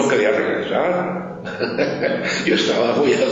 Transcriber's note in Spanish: risa